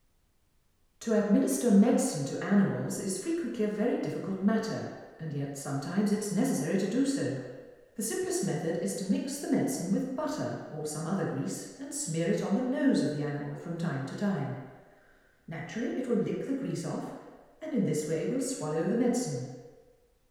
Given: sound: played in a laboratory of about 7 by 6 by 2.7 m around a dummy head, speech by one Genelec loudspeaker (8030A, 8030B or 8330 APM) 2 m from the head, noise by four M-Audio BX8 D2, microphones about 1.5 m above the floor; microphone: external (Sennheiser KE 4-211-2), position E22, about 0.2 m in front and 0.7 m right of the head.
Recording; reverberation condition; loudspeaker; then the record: female speech in English; high; in front (0 degrees)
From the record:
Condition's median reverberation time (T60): about 1300 ms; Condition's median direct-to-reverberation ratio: about -4.0 dB